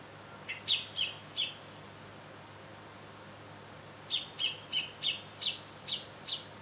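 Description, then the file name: Eurasian blackbird calling a short group of sharp chinks, then after a pause a longer rapid series of repeated chink notes. "Turdus merula"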